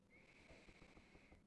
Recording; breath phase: one breath near a microphone; inhalation